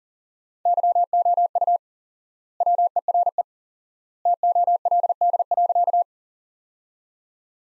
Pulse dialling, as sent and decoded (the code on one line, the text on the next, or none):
none